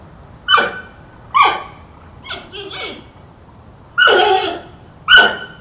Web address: naturelibrary giant panda